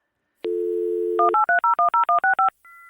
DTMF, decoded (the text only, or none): 183010165